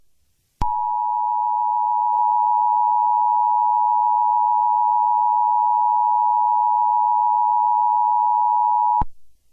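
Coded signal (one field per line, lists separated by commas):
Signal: Emergency Alert System (SAME) tones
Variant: 853 and 960 Hz attention tone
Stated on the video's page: Fictional EAS scenario.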